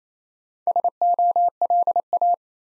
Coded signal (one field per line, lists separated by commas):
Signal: Morse code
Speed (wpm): 29 wpm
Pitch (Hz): 700 Hz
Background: none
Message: SOLA